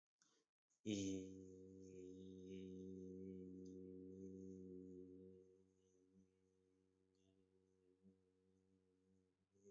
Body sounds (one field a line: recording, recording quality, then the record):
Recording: sustained vowel as in beet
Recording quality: excellent, no background noise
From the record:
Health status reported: healthy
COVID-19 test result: negative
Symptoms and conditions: cough, sore throat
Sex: male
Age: 27 years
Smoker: yes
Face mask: not worn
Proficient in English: yes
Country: India